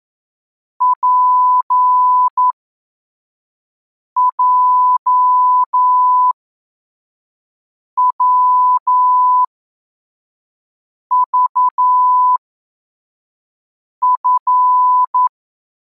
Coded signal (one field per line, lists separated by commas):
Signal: Morse code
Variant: Russian alphabet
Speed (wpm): 11 wpm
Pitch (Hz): 1000 Hz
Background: none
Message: ПЙВЖФ